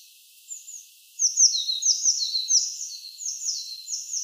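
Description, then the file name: Eurasian blue tit giving a faint opening note, then a steady stream of high, sharp down-slurred calls paired with lower notes, continuing for about three seconds. "Cyanistes caeruleus"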